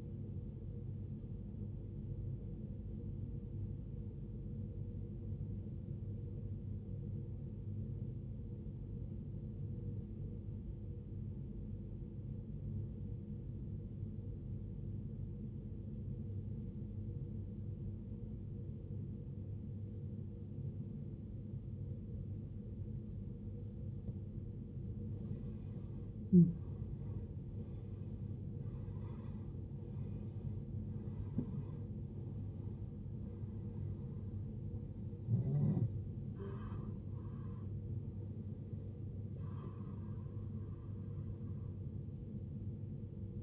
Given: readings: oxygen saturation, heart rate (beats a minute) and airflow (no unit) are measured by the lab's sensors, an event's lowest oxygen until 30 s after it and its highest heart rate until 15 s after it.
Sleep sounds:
breathing in sleep by a smartphone at the bedside; 1
3.00-28.00 s: obstructive apnea (N1, oxygen 94% highest, then 85% lowest, heart rate 51 at the start, 78 highest)
From the record:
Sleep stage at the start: N1 (lightest sleep); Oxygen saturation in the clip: 83 to 94%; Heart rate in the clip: 51 to 78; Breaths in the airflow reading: 6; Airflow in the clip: -16.8 to 16.5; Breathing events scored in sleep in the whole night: 389 in 6.3 hours asleep

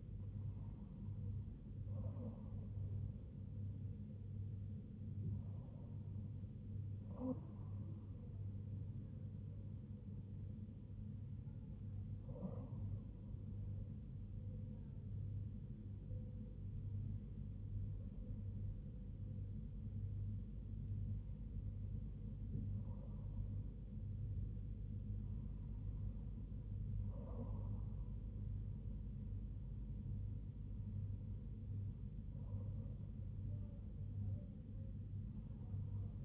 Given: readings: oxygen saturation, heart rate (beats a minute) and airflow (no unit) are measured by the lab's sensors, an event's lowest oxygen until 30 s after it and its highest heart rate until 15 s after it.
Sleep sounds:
breathing in sleep by a smartphone at the bedside; none
none scored
From the record:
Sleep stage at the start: N2 (light sleep); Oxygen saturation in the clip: 97 to 98%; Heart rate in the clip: 71 to 83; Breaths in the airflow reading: 7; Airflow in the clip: -3.2 to 4.1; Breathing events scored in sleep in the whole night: 158 in 7.3 hours asleep

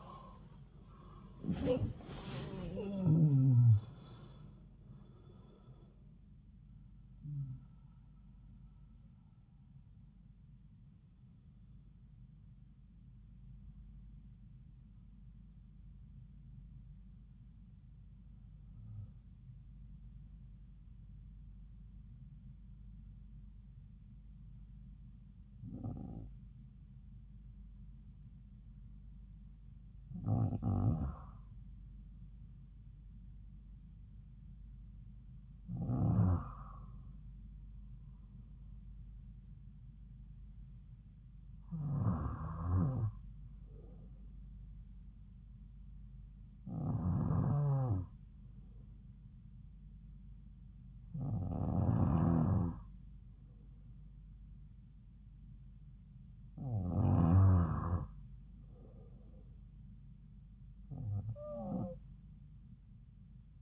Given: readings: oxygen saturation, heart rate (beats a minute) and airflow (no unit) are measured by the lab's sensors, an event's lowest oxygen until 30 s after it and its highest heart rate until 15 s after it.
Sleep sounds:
breathing in sleep by a smartphone at the bedside; 1
14.00-63.62 s: new sleep stage, N1 (lightest sleep)
20.00-36.00 s: hypopnea (N1, oxygen 97% highest, then 93% lowest)
From the record:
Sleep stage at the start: REM sleep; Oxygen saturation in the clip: 77 to 97%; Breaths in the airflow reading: 12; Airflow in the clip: -10.0 to 11.2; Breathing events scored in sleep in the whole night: 270 in 6.1 hours asleep

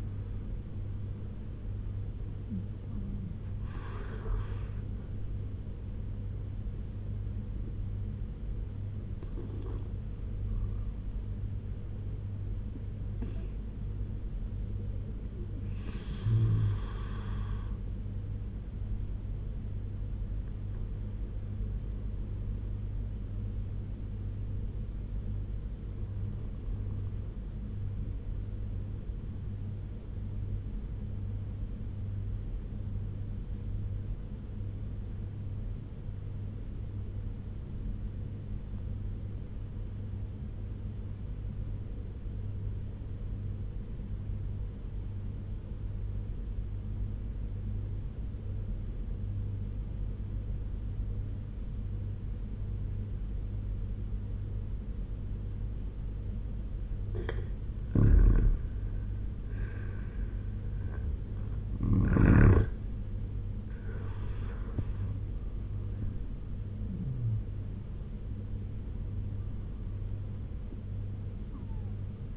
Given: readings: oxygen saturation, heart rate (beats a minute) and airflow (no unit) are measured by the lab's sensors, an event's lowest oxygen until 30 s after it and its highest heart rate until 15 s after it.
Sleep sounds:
breathing in sleep by a smartphone at the bedside; 1
12.00-42.00 s: new sleep stage, N1 (lightest sleep)
23.00-56.20 s: obstructive apnea (N1, oxygen 96% highest, then 85% lowest, heart rate 73 at the start, 83 highest)
42.00-72.37 s: new sleep stage, N2 (light sleep)
From the record:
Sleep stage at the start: N2 (light sleep); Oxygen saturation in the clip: 83 to 96%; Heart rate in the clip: 69 to 90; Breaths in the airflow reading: 7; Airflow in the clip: -9.1 to 11.4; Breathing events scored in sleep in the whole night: 201 in 6.5 hours asleep

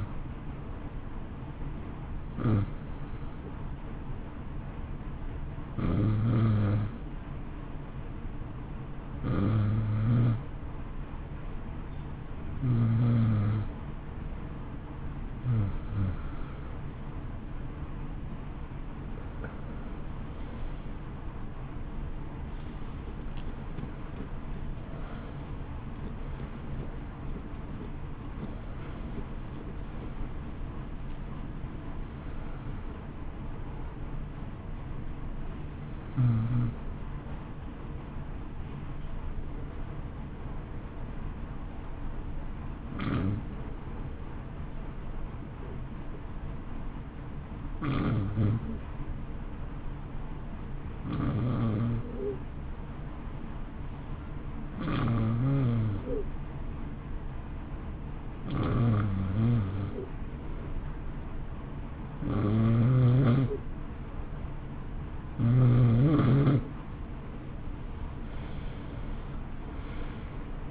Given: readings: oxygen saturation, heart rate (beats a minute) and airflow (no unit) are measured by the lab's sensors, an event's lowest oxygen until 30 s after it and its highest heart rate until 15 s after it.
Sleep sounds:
breathing in sleep by a smartphone at the bedside; 2
4.00-22.70 s: hypopnea (N2, oxygen 91% highest, then 90% lowest, heart rate 60 at the start, 66 highest)
12.00-42.00 s: new sleep stage, N1 (lightest sleep)
42.00-70.71 s: new sleep stage, N2 (light sleep)
47.00-63.00 s: hypopnea (N2, oxygen 93% highest, then 88% lowest, heart rate 60 at the start, 66 highest)
From the record:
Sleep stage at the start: N2 (light sleep); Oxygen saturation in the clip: 88 to 93%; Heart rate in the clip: 58 to 66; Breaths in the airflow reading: 19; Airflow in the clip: -11.9 to 13.4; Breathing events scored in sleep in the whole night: 328 in 6.3 hours asleep

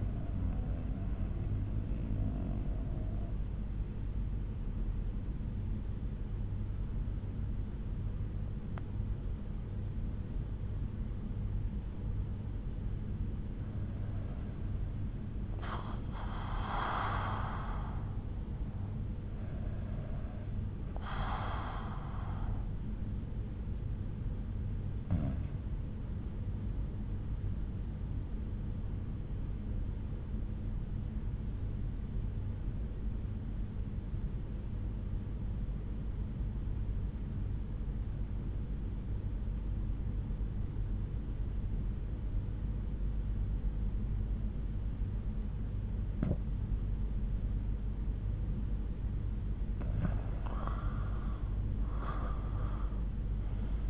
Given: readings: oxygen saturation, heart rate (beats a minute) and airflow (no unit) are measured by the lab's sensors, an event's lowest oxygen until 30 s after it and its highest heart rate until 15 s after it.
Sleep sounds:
breathing in sleep by a smartphone at the bedside; 2
3.00-13.90 s: obstructive apnea (N1, oxygen 86% highest, then 78% lowest, heart rate 73 at the start, 73 highest)
17.00-53.90 s: new sleep stage, REM sleep
29.00-49.50 s: obstructive apnea (REM, oxygen 95% highest, then 82% lowest, heart rate 67 at the start, 81 highest)
From the record:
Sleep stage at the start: N1 (lightest sleep); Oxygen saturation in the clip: 78 to 95%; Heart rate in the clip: 64 to 91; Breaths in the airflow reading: 5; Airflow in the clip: -9.6 to 10.8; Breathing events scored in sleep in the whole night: 368 in 8.0 hours asleep

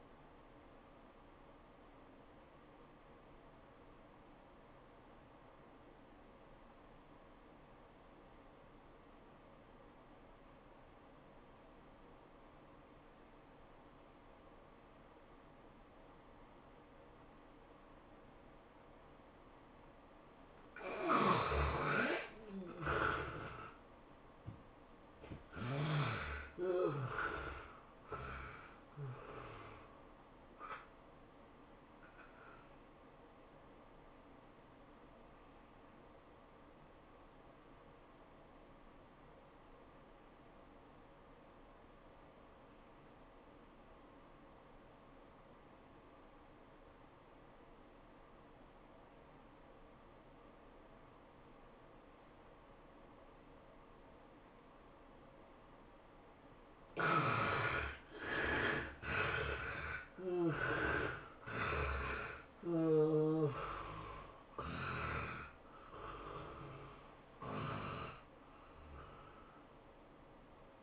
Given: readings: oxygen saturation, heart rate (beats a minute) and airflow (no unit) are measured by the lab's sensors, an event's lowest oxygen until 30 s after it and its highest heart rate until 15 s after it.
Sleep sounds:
breathing in sleep by a voice recorder at the bedside; 2
3.00-22.00 s: obstructive apnea (N1, oxygen 97% highest, then 70% lowest, heart rate 95 at the start, 108 highest)
37.00-56.00 s: obstructive apnea (N1, oxygen 94% highest, then 72% lowest, heart rate 74 at the start, 105 highest)
47.00-70.83 s: new sleep stage, N2 (light sleep)
From the record:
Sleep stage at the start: N1 (lightest sleep); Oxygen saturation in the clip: 70 to 97%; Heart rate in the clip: 74 to 108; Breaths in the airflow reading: 9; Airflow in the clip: -14.3 to 18.3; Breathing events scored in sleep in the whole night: 403 in 5.5 hours asleep

